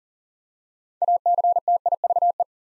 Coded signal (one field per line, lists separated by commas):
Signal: Morse code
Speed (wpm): 40 wpm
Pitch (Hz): 700 Hz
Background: none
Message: ACTIVE